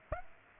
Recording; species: mosquito wingbeat signal from an infrared sensor; Aedes aegypti